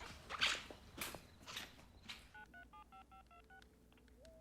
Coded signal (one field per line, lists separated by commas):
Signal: DTMF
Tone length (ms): 110 ms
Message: 9375526